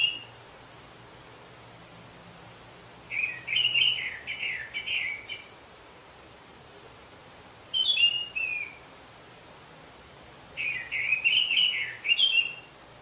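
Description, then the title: Orange-headed thrush singing: three separate phrases of quick, scratchy twittering notes, spaced by silences of about two seconds, against low hiss. "Anis Merah"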